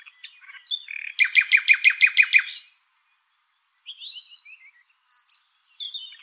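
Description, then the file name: Common nightingale song: a short opening, then a fast burst of about eight identical sharp notes, a pause, and thin high whistled slurs. "Luscinia megarhynchos"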